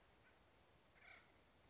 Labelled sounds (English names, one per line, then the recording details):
Acorn Woodpecker
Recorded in Sonoma County, California